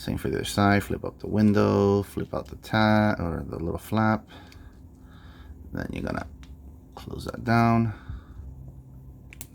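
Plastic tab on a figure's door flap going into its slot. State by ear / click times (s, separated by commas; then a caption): seated / 9.3 s, 9.4 s. Someone talks while closing the door flap on the second side of a Magic Square MS B35 Blues toy figure and tucking its plastic tab into its slot. Two sharp snaps at 9.3 and 9.4 seconds mark the tab seating in place.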